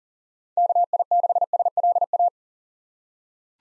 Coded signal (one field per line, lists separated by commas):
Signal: Morse code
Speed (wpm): 40 wpm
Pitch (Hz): 700 Hz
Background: none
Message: KI6SLA